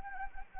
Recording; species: mosquito wingbeat signal from an infrared sensor; Anopheles gambiae